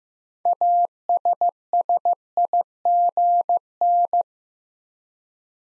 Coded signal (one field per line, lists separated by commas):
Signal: Morse code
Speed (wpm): 15 wpm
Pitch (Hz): 700 Hz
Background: none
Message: ASSIGN